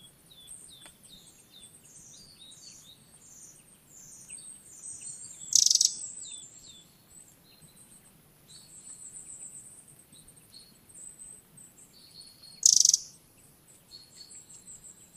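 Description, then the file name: Eurasian wren calls: two sharp, dry ticks about seven seconds apart stand out over a background of faint, high twittering notes. "Troglodytes troglodytes"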